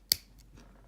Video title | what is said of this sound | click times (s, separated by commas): Zaku II origin "jambes et HIQ parts" | allez voir que on peut l'admettre assez facilement on entendra un clic normalement voilà | 0.1 s